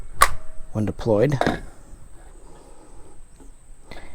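The folding arm brace that came with a Grand Power Stribog SP9-A3 pistol, which has a rear pic rail, is swung out to the deployed position and locks with one sharp click at 0.2 s, while someone talks and a faint tap follows near 3.9 s. The brace latches open firmly when deployed, though it does not latch when folded.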